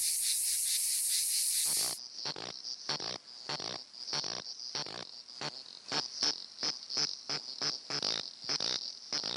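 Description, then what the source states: Cicada song: short sharp buzzy pulses repeated many times in quick succession after an opening burst of loud hiss. Cicadas of new genera and species recorded in the Kenyan steppe; at first mistaken for croaking frogs.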